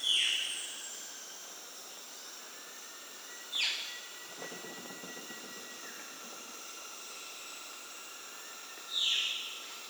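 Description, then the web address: Violaceous jay calls, three rasping downslurred notes spaced several seconds apart, over a steady backdrop of high whistling insects or birds. South America. "S America Violaceous Jay (Cyanocorax violaceus"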